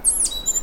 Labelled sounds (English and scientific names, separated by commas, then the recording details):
Stitchbird (Notiomystis cincta) song
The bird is a male
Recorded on Tiritiri Matangi Island, New Zealand, in 2005
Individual 1, of nest box 1